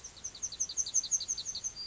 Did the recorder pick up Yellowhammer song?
yes